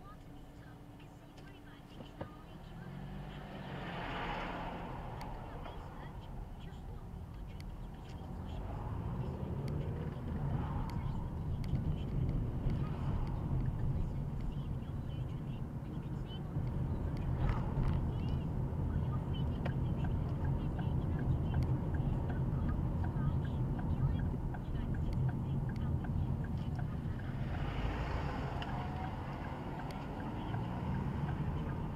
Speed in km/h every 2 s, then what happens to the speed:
5, 5, 8, 6, 18, 19, 26, 24, 29, 27, 32, 32, 27, 13, 15, 21.
0-6 steady at about 5. 6-20 speeds up to 32. 20-26 slows to 13. 26-32 speeds up to 21.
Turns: none.